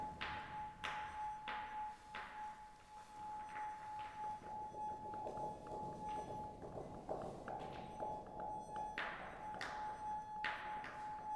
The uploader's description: This recording was taken undergound, in a highly resonant room called the ballroom, in the abandoned mine of Nenthead/UK.